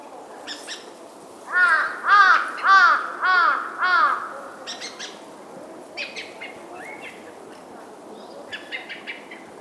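Crow caws: a run of five hoarse, harmonic caws about half a second apart, with fainter calls before and after.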